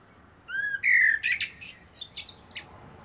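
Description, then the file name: Common blackbird song: a loud sliding fluted whistle, then a tumbling string of scratchy, squeaky high notes that fade out. "Turdus merula"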